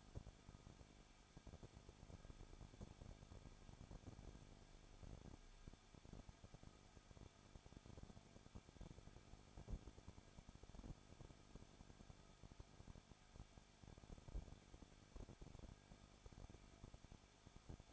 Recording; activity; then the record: daily activity, microphone in the room; no activity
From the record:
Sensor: 5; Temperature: 20.9 degrees Celsius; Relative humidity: 35.0%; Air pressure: 994.7 hPa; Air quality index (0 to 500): 153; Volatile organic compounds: 2 ppm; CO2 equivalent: 1276 ppm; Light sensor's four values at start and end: 2/3/1/1 and 2/3/1/1